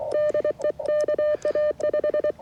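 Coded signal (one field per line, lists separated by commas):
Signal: Morse code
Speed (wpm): 24 wpm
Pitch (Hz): 600 Hz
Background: none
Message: DE KA5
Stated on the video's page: QRP CW Parks on the Air activation with a vintage Elecraft K2 and a 40-10 metre end-fed half-wave antenna.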